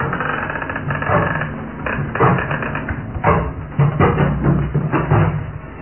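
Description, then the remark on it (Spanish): A woman shuts the door of a dark-walled, candlelit room, followed by a series of sharp clunks and scraping knocks as bolts are slid across, heard over a steady low rumble with no talking. “¿Por qué corren los cerrojos?”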